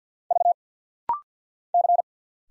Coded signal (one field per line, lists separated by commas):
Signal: Morse code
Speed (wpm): 50 wpm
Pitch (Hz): 700 Hz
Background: none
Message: V C